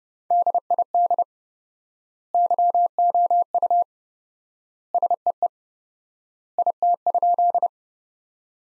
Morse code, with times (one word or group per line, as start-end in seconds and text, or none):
0.3-1.2 DID
2.3-3.8 YOU
4.9-5.5 SEE
6.6-7.7 IT?